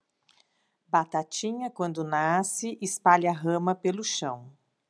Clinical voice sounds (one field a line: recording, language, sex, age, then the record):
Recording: short text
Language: Brazilian Portuguese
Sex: female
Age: 50 to 59 years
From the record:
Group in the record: control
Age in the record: 50 years